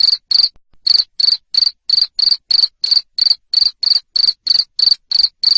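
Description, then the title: Cricket giving bright, rapid chirps at a steady rate after a short pause near the beginning; no other sounds. Loud cricket chirping used to stimulate lovebirds to sing continuously. "Suara JANGKRIK NGERIK Keras Bikin LOVEBIRD Jadi NGEKEK Terus Vubey"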